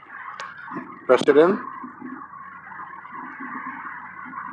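An ignition coil connector is pressed onto the coil plug on the engine and clicks into place at 0.4 s, confirmed tight and seated. Someone talks over a steady background hum, with a louder burst just after 1 second.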